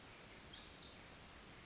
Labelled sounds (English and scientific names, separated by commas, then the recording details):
Pacific Wren (Troglodytes pacificus)
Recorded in Sonoma County, California